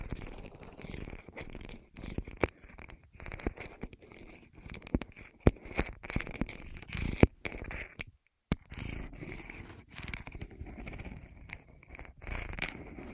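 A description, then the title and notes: Rolling sounds on the ears, heard as dense, uneven rubbing and rumbling with frequent sharp clicks and crackles. The texture shifts constantly, swelling and fading, with brighter taps around 2.5, 5, 7 and 8.5 seconds. A brief silence falls just after 8 seconds. ASMR Rolling On Your Ears (No Talking).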